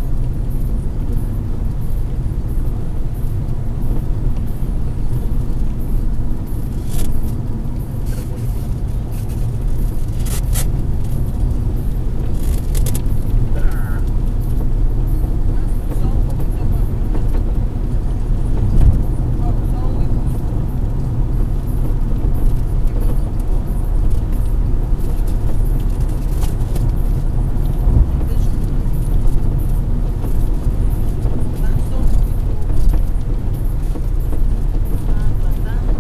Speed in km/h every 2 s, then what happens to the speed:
109, 112, 109, 106, 106, 109, 112, 115, 117, 118, 119, 119, 121, 121, 122, 120, 120, 118.
0-8 steady at about 109. 8-24 speeds up to 121. 24-36 steady at about 120.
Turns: none.